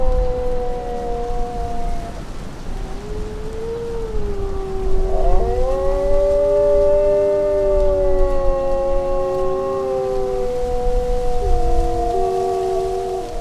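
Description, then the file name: Wolf: wolves howling in chorus, long overlapping howls sliding slowly up and down, over a steady low rumbling background. "Wolf Howling Compilation"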